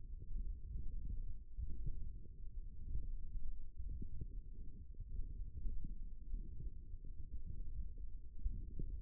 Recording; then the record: forearm muscle sounds (acoustic myography)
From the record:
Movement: forearm supination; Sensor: system 1, eight BSWA MPA416 microphones around the upper forearm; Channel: 2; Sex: male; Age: 18 years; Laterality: right